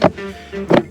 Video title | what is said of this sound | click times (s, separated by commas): 2025 Honda Civic 2 0 Engine & Cabin Air Filter Replacement EASY DIY | Push in the sides. They click right in. | 0.1 s, 0.8 s